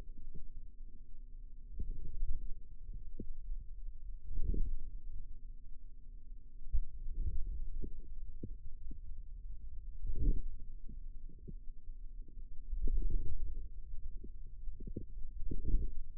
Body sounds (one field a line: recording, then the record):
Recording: forearm muscle sounds (acoustic myography)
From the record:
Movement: hand closing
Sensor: system 2, bracelet of six BSWA MPA416 microphones around the upper forearm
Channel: 3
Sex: female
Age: 22 years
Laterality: right